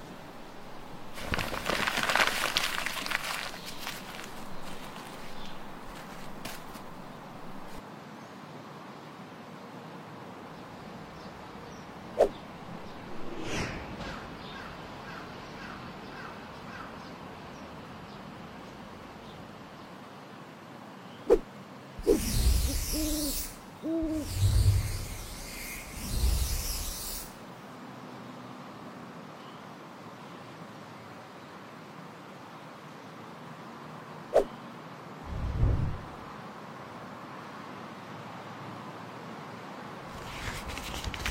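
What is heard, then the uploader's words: A flying broom sweeps past with a rushing whoosh near the start, over a quiet, steady hum. Sharp ticks and brief flutters follow, then a burst of papery rustling around the middle, like an open book's pages stirring, and a soft low thump near the end. Flying broom, open book.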